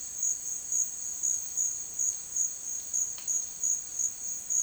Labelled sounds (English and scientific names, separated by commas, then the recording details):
none
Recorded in dense forest near Puerto Asís, Putumayo, Colombia, on 25 June 2025 at 12:00
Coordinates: 0.466, -76.327
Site GP04